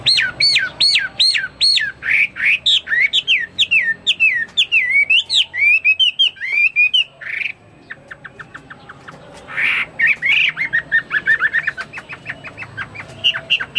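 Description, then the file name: Hwamei song starting with rapid repeated looped whistles, then fluid slurs, a stretch of soft ticking, and renewed whistling. "omkicau hwamei"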